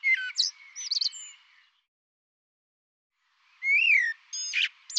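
Bird song: a quick jumble of high chirps and trills, then silence. A rising-and-falling whistle follows, with sharp buzzy notes.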